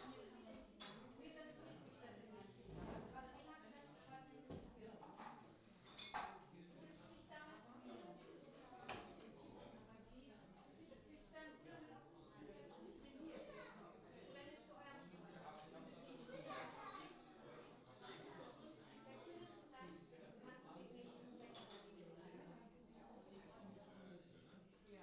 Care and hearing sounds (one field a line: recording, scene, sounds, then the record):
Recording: everyday scene through a hearing-aid microphone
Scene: many people talking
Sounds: many voices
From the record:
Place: parish hall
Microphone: in the ear canal, left